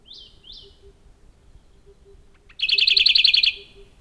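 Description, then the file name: Radde's warbler: two soft downslurred notes, then a loud, rapid rattling trill of about a dozen notes. "warbler-radde -Phylloscopus-schwarzi"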